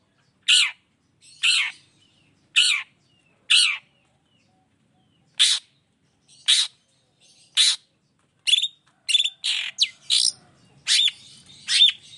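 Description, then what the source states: Long-tailed shrike giving sharp, loud, downward-slurred notes with short silent gaps between, coming in closer clusters toward the end. Chatty (gacor) long-tailed shrike singing in the morning with the 'toet toet' variation; clear voice, full variation, easy for any shrike to imitate.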